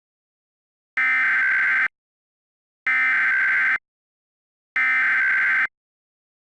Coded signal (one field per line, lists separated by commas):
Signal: Emergency Alert System (SAME) tones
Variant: header bursts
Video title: EAS Scenario #1: Asteroid Event (REMASTERED)